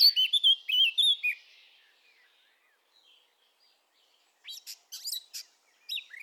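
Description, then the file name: Eurasian blackcap song: a loud run of mellow, fluty whistles, a quiet gap, then sharper, scratchier chirping notes in short bursts. "Sylvia atricapilla"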